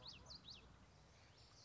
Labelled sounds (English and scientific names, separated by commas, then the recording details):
Common Yellowthroat (Geothlypis trichas)
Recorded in Sonoma County, California